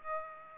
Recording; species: mosquito wingbeat signal from an infrared sensor; Aedes aegypti